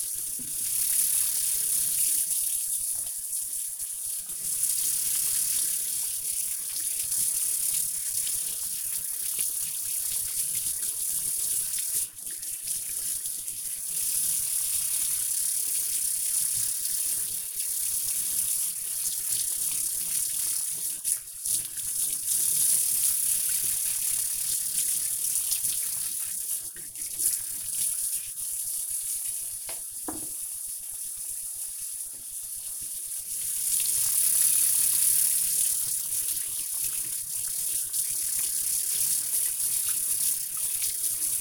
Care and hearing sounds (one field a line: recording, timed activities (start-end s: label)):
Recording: household activities, microphone on the right wrist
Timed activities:
0.00-41.41 s: washing dishes